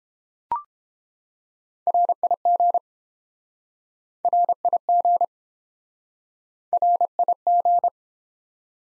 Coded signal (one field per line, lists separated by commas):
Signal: Morse code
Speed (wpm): 30 wpm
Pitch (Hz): 700 Hz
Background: none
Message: RIG RIG RIG